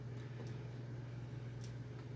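A machine screw is turned backwards in a threaded hole of a metal Vevor 5W laser engraver frame during assembly, until the thread start drops into place with a small click at 1.6 s, before tightening. A steady low hum runs underneath the whole time. The screw thread seats.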